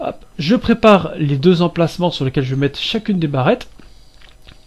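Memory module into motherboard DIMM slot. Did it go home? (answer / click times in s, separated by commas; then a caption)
yes / 4.5 s. Someone talks for about 3.6 seconds while preparing two motherboard DIMM slots for memory modules. After a brief quiet stretch with faint handling noises, a memory module is pressed into its slot and the retaining clip snaps into place with a sharp click at 4.5 s, seating the module.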